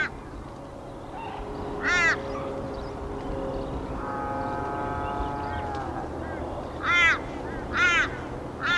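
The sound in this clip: Sarus crane giving sharp, arched trumpeting notes, one early and three later in a quick series, with a long level drone in the middle.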